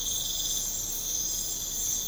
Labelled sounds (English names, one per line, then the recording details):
none
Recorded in pastures near Puerto Asís, Putumayo, Colombia, on 20 December 2024 at 04:30
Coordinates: 0.496, -76.326
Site G004